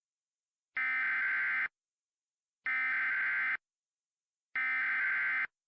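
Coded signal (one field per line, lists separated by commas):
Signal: Emergency Alert System (SAME) tones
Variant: header bursts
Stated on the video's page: Fictional EAS scenario with valid tones.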